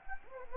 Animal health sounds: mosquito wingbeat signal from an infrared sensor; Anopheles gambiae

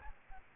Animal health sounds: mosquito wingbeat signal from an infrared sensor; Aedes aegypti

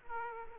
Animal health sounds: mosquito wingbeat signal from an infrared sensor; Aedes aegypti

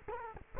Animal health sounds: mosquito wingbeat signal from an infrared sensor; Culex quinquefasciatus

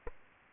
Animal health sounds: mosquito wingbeat signal from an infrared sensor; Aedes aegypti

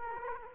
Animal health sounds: mosquito wingbeat signal from an infrared sensor; Culex quinquefasciatus

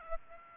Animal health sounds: mosquito wingbeat signal from an infrared sensor; Aedes aegypti

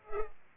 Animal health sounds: mosquito wingbeat signal from an infrared sensor; Culex pipiens

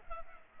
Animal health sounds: mosquito wingbeat signal from an infrared sensor; Culex pipiens

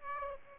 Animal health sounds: mosquito wingbeat signal from an infrared sensor; Aedes aegypti

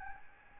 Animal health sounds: mosquito wingbeat signal from an infrared sensor; Aedes albopictus

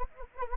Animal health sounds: mosquito wingbeat signal from an infrared sensor; Anopheles arabiensis

